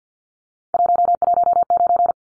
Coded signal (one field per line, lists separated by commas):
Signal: Morse code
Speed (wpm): 50 wpm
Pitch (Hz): 700 Hz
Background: none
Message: 119